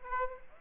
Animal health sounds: mosquito wingbeat signal from an infrared sensor; Aedes aegypti

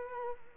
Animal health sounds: mosquito wingbeat signal from an infrared sensor; Culex quinquefasciatus

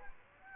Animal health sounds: mosquito wingbeat signal from an infrared sensor; Aedes aegypti

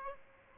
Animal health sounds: mosquito wingbeat signal from an infrared sensor; Aedes aegypti

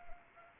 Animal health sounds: mosquito wingbeat signal from an infrared sensor; Anopheles arabiensis

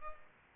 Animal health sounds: mosquito wingbeat signal from an infrared sensor; Culex pipiens

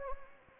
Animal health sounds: mosquito wingbeat signal from an infrared sensor; Anopheles gambiae

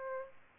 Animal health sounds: mosquito wingbeat signal from an infrared sensor; Aedes albopictus

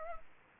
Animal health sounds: mosquito wingbeat signal from an infrared sensor; Anopheles arabiensis

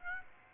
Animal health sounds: mosquito wingbeat signal from an infrared sensor; Aedes aegypti

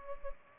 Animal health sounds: mosquito wingbeat signal from an infrared sensor; Culex pipiens

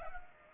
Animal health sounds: mosquito wingbeat signal from an infrared sensor; Culex pipiens

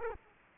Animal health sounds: mosquito wingbeat signal from an infrared sensor; Culex quinquefasciatus

